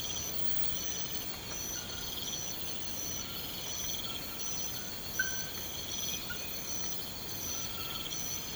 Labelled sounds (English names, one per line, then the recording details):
none
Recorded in pastures near Puerto Asís, Putumayo, Colombia, on 24 March 2025 at 01:30
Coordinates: 0.472, -76.329
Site G074